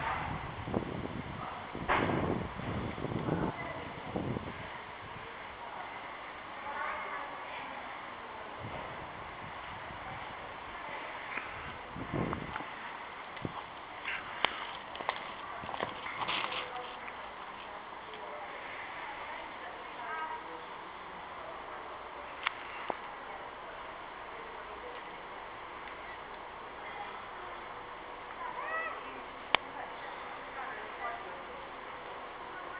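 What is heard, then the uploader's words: A squirrel in a park gives sharp, scratchy bursts in the first half, over steady outdoor murmur with faint voices and traffic. A short video of a squirrel in my local park.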